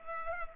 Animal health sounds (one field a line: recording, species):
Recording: mosquito wingbeat signal from an infrared sensor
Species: Culex pipiens